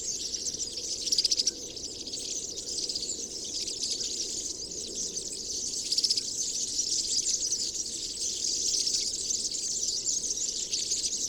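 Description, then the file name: European serin song, a continuous high jingling, sizzling twitter held for the whole stretch, with brief louder bursts near one and six seconds. Recorded 22 January 2017 at Binsham. "Girlitz. Binsham. Susanne Rieck"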